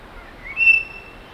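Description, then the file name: Imperial amazon giving one rising whistle that levels into a steady, ringing tone before fading. "imperial parrot"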